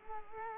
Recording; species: mosquito wingbeat signal from an infrared sensor; Culex quinquefasciatus